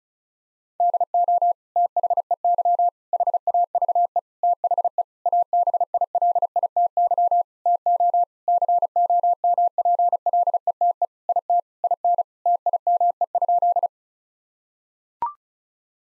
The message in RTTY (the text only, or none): none